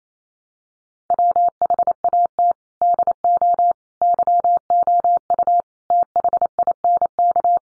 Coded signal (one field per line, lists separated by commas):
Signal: Morse code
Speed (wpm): 28 wpm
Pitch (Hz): 700 Hz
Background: none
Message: WHAT DO YOU THINK